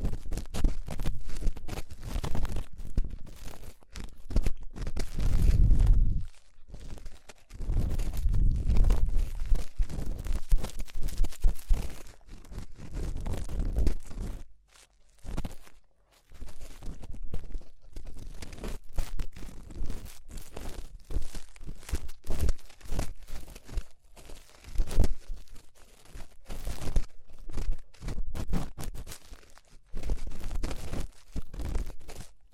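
Ear cleaning sounds, made up of dense crackling, rustling and scraping that come in quick irregular bursts. Deep rubbing thumps stand out between about five and nine seconds, and the sound drops almost to silence for a moment near fifteen seconds before the crackling resumes.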